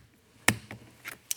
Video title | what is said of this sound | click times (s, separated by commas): KS Rage-i S - Maintenance video | okay and then use your tool to kind of push that down you kind of heard it click there | 0.5 s